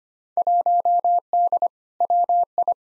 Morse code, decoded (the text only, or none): 1D WI